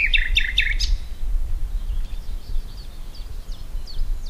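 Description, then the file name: Common nightingale giving three loud slurred notes, then soft twittering over low rumbling background noise. "Luscinia megarhynchos"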